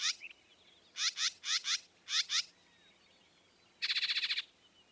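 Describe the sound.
Northern mockingbird song: paired scratchy notes repeated a few times, then a fast rattling trill, over light background hiss.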